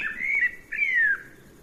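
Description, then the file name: Common blackbird giving two clear whistled calls, the first rising and level, the second a longer falling whistle, over quiet background hiss. "Turdus merula"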